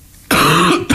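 Two rough, voiced cough bursts within about a second from an adult man: a longer, harsh first burst followed by a brief second one. It is a chesty cough from bronchitis.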